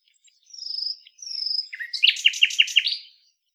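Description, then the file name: Common nightingale song opening with two drawn-out pure whistles, then a rapid series of loud, sharp repeated notes. "Luscinia megarhynchos"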